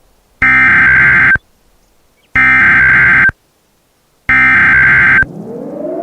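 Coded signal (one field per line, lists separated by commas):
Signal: Emergency Alert System (SAME) tones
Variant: header bursts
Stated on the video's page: Fictional ash-fall EAS scenario, a simulated alert inspired by another creator's scenario.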